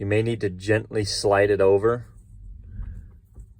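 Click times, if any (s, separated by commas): none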